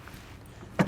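The hand knob of the built-in anti-rattle system in the shank of a Kuat NV 2.0 base bike rack, set up for 2 bikes in the hitch receiver of a 2021 Jeep Cherokee, is turned by hand to loosen the shank. After a quiet stretch, a single sharp click sounds at 0.8 s, marking the knob as loosened enough and the shank released.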